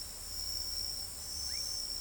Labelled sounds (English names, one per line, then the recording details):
none
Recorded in pastures near Pivijay, Magdalena, Colombia, on 2 June 2023 at 02:30
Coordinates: 10.456, -74.369
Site P6-G026